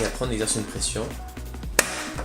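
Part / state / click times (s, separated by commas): plastic cover of a tissue box dispenser closing onto its base / seated / 1.8 s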